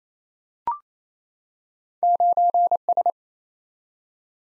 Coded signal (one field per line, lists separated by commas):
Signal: Morse code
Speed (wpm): 28 wpm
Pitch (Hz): 700 Hz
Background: none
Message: 9S